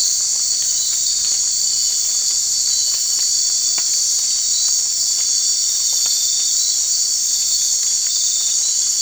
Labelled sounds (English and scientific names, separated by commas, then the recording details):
none
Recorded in dense forest near Puerto Asís, Putumayo, Colombia, on 19 March 2025 at 22:00
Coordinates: 0.485, -76.318
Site G056